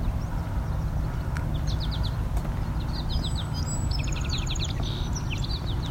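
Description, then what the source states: Eastern Kingbird calls: quick runs of sharp, sputtering high notes, repeated several times, over a steady low rumble. A pair calling.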